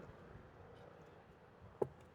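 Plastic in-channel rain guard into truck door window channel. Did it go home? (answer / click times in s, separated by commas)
yes / 1.8 s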